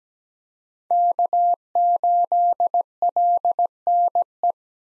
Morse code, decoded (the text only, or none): K8LNE